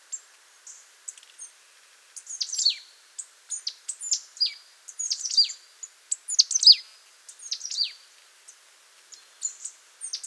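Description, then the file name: Marsh tit calling: a steady stream of thin, high chirps and steeply falling notes. "Poecile palustris"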